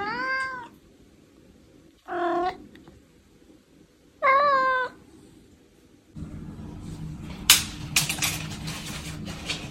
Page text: Maine Coon Cats